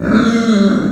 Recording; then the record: squeal of a Yucatan mini pig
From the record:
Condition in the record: after surgery on the right vocal fold (resection and tissue-engineered implant); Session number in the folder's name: 7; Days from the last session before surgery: 47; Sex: female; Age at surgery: 19 weeks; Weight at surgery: 25 kg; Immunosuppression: prednisolone